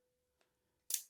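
A metal Cobra-style buckle on a basketweave duty belt is fastened, its male end pushed into the female receiver so the side clips go home. After a faint tick near 0.4 s, a single sharp snap is heard at 0.9 s as the buckle clicks shut and seats.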